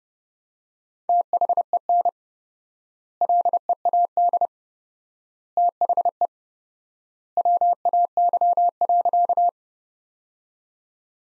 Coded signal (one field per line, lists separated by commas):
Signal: Morse code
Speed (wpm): 29 wpm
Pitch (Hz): 700 Hz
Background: none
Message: THEN LEAD THE WAY.